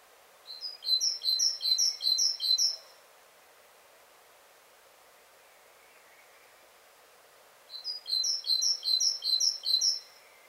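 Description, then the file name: Great tit giving two bursts of several short high notes, separated by several seconds of quiet. "Parus major"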